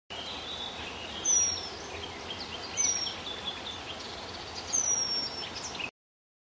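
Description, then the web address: Eurasian penduline tit calls: three thin, very high whistles, each drawn out and slightly descending, spaced about one and a half to two seconds apart over a steady background hiss. Recorded at Zakole Wawerskie. "zakole-wawerskie remiz"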